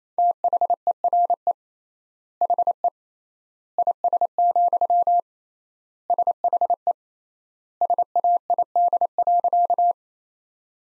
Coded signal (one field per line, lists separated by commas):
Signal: Morse code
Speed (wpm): 28 wpm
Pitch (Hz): 700 Hz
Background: none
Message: THERE HE IS, SHE SAID.